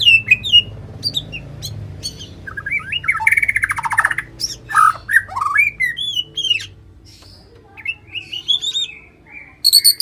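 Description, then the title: White-rumped shama song: varied loud whistles, harsh buzzy notes and rapid chatter, followed by quieter whistled phrases. "murai batu"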